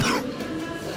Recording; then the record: coughing mixed with background sound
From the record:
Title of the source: Coughing 46